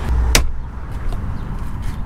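A small black plastic top-hat spacer is pushed in behind the mounting bracket of a Thule Elite Van XT bike carrier (Ducato/Boxer fit) on an Adria Twin before the bracket is bolted up. A sharp click at 0.4 s shows it snapping into place, followed by a faint tick near 1.1 s over low background rumble. The spacer is confirmed seated.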